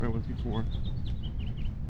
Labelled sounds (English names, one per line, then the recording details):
House Finch song
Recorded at Lynbrook on Long Island, New York, on 17 June 1975
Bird A